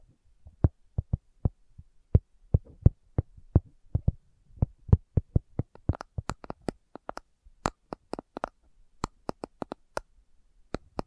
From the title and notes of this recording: ASMR Slow Tapping for Deep Sleep (No Talking).